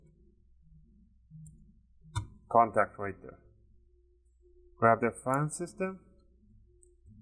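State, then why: Not seated. Someone talks while handling the CPU fan and heatsink cable connector for the motherboard fan header inside a Dell OptiPlex 3080 mini PC. A few faint, brief taps come near 1.5, 2.2 and 6.8 seconds between the speech. Nothing has seated or clicked yet.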